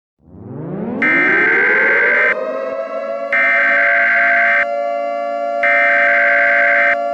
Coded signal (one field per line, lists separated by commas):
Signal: Emergency Alert System (SAME) tones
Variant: header bursts